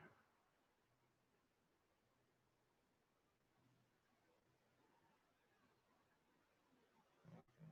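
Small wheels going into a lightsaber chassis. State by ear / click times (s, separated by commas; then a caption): not seated / none. Small plastic wheels are fitted into a lightsaber chassis, with a low steady background hum and faint handling noise, then a few soft bumps near the end around 7.3 and 7.6 seconds. The wheels do not click into place, and nothing has seated or clicked yet; they are fine as long as they are fully in and straight.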